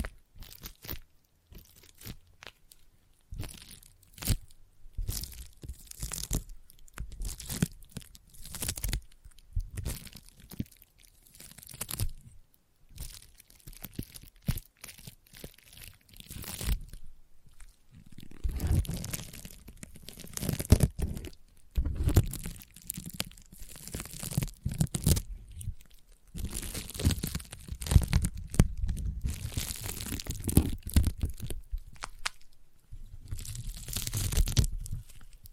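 Sticky tapping and sticky triggers: quick, irregular bursts of tacky crackling and peeling, like tape pulling free, with brief gaps between clusters. The first half is lighter and sparser; after about eighteen seconds the sounds grow heavier, denser and fuller in the low end.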